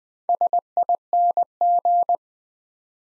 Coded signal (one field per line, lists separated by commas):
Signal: Morse code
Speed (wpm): 20 wpm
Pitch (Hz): 700 Hz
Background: none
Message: SING